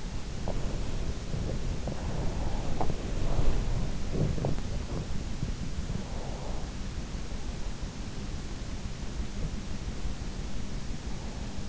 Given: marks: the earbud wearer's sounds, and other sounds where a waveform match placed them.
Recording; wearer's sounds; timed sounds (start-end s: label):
sounds in sleep by an in-ear microphone; body movement, breath
0.00-5.18 s: body movement
5.97-7.92 s: breath
9.29-11.69 s: breath